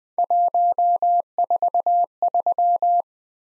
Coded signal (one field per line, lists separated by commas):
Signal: Morse code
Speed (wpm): 25 wpm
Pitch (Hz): 700 Hz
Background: none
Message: 143